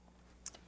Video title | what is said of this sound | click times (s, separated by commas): Ninja Pulse Frozen Cocktail Recipe | and turn to snap into place | 0.5 s